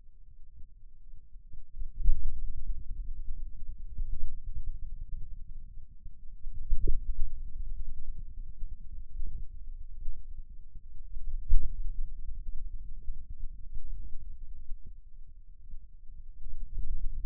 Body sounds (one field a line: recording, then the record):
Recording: forearm muscle sounds (acoustic myography)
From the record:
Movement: hand closing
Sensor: system 2, bracelet of six BSWA MPA416 microphones around the upper forearm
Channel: 2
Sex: male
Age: 22 years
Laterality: right